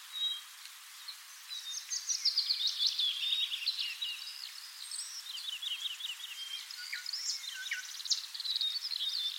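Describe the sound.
Thrush nightingale singing a fast, jumbled sequence of high chirps, slurred whistles and short dry rattles.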